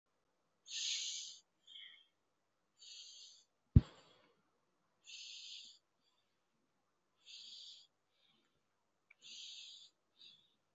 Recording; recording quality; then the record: shallow breathing; excellent, no background noise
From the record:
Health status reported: healthy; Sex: male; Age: 25 years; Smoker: yes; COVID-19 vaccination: one dose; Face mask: worn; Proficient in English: yes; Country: India